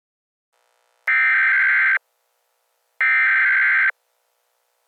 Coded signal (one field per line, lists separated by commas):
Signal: Emergency Alert System (SAME) tones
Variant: header bursts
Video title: EAS Scenario #11: Hurricane Hell